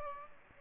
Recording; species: mosquito wingbeat signal from an infrared sensor; Aedes aegypti